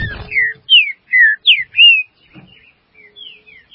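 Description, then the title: Green-winged saltator song: five loud, clear whistled phrases, mostly sliding downward, delivered briskly over about two seconds, followed by softer whistles and a faint low hum. "Trinca Ferro"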